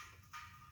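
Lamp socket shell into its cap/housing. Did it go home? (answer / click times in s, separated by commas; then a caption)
no / none. A lamp socket shell from a Made in Hong Kong Turkish lamp is pushed back into its cap/housing, where a retaining tooth is meant to catch it. Soft handling noise over a low rumble swells into a brighter, steady hiss from about 0.3 s onward. Nothing has seated or clicked yet.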